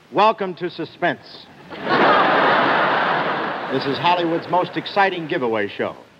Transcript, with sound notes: Welcome to suspense. (LAUGHTER) This is Hollywood's most exciting giveaway show.